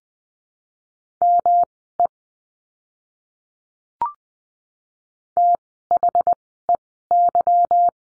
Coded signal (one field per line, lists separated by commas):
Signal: Morse code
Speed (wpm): 20 wpm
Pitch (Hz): 700 Hz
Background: none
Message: ME THEY